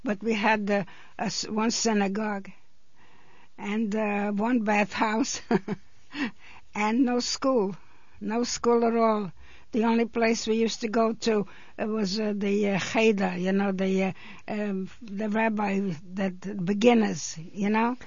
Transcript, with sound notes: But we had one synagogue, and one bath house. (she laughs) And no school. No school at all. The only place we used to go to, it was the kheder, you know, the, the rabbi, the beginners, you know.